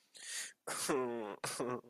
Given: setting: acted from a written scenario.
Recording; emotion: vocal sound without words; sadness